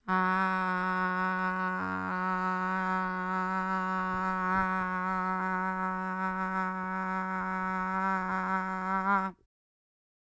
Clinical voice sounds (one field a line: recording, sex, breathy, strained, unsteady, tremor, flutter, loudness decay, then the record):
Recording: sustained vowel /a/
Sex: female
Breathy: absent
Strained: absent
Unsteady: present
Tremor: present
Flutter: absent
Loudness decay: absent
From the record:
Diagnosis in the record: Parkinson's disease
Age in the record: 40 years